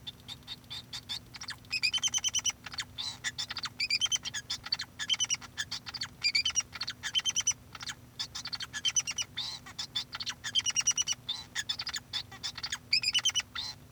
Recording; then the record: song of a male Bengalese finch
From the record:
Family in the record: son of father 2